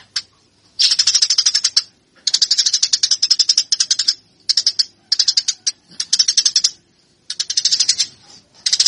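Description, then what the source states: Eurasian tree sparrow producing harsh, rapid rattling chirp series in repeated bursts of about one to two seconds with short pauses between. Fighting call, used as a training master.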